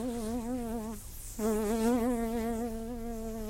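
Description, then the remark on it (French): A housefly buzzes with a steady, wavering drone as it approaches a man, stops briefly after about a second, then resumes slightly louder and keeps humming without any talking. “Il ne peut s'empêcher de bouger quand la mouche s'approche de lui.”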